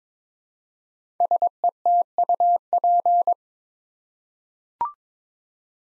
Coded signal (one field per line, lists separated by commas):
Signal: Morse code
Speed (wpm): 22 wpm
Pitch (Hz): 700 Hz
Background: none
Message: SETUP